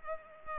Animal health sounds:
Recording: mosquito wingbeat signal from an infrared sensor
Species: Culex pipiens

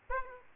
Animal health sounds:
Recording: mosquito wingbeat signal from an infrared sensor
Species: Aedes aegypti

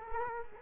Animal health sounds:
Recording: mosquito wingbeat signal from an infrared sensor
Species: Culex quinquefasciatus

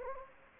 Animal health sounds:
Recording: mosquito wingbeat signal from an infrared sensor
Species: Anopheles gambiae

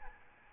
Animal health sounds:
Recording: mosquito wingbeat signal from an infrared sensor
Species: Aedes albopictus

